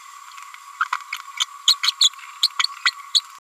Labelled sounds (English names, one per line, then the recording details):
Green-rumped Parrotlet babbling
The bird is a female
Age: 31 days
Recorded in a nest box in Venezuela
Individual 17B102A6